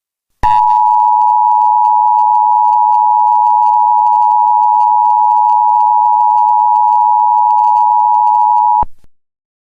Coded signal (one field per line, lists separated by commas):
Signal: Emergency Alert System (SAME) tones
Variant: 853 and 960 Hz attention tone